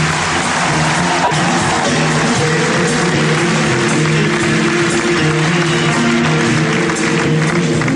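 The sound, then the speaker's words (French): A large concert audience claps and cheers loudly and continuously for the tour technicians, a dense, steady roar of applause holding for the full eight seconds, with a faint sustained tone running underneath. “J'aimerais très sincèrement que tout le monde applaudisse très fort.”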